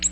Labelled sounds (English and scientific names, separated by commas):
Ovenbird (Seiurus aurocapilla) flight call